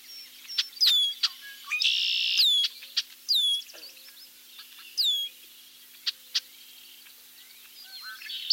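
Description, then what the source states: Red-winged Blackbird vocalizations: sharp chuck notes, a buzzy trill and several high downslurred whistles, scattered irregularly throughout. A medley of vocalizations.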